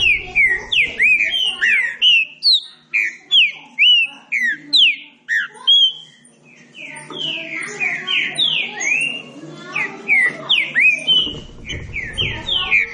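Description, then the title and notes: Green-winged saltator song: rapid loud whistled downslurs in an even series, then a softer, busier run of notes. Classic song style (canto clássico) of the green-winged saltator, used for training singing birds. "Canto Clássico Trinca Ferro TREINAMENTO. trinca fero"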